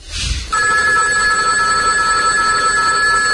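A telephone rings with a steady, high electronic tone that starts abruptly after a brief burst of noise and holds loud and continuous to the end.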